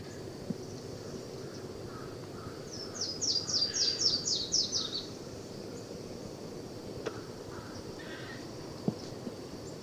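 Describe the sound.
Yellow-throated warbler singing one run of bright, high slurred notes that descend toward the end, then faint chips and a quiet, hissy background.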